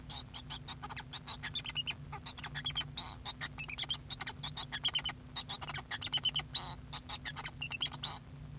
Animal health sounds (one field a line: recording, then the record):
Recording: song of a male Bengalese finch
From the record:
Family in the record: son of father 2